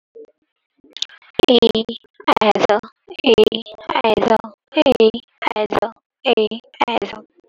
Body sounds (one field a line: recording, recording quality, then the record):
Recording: sustained vowel as in made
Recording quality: moderate, slight background noise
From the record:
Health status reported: COVID-19 positive, no symptoms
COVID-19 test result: positive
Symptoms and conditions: sore throat, muscle pain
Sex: female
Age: 31 years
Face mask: worn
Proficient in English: yes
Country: India